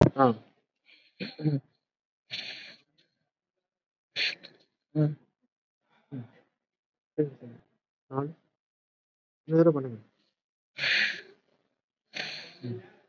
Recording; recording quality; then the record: deep breathing; moderate, slight background noise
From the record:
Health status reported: COVID-19 positive, mild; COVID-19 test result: positive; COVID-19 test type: RT-PCR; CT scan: not taken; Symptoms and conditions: cough, cold, breathing difficulty, fever, fatigue, hypertension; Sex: female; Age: 68 years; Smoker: no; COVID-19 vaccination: one dose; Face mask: not worn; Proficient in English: no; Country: India